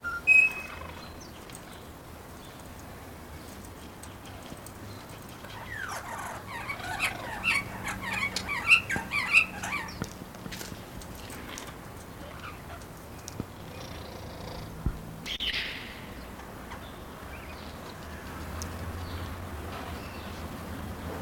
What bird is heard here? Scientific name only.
Barnardius zonarius